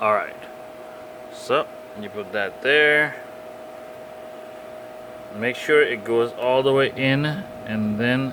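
A RAM module is placed at the memory slot of a Lenovo T560 laptop and lined up before being pushed fully in, while someone talks over a steady background hum. Nothing has seated or clicked yet in this stretch.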